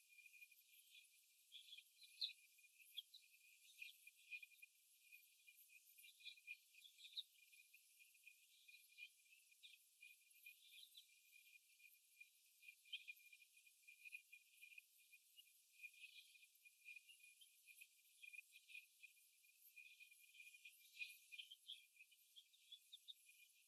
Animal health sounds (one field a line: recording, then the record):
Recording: young laying hens in a cage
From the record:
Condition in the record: after the stressor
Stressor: simulated dog barking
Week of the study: 1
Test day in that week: 1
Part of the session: 2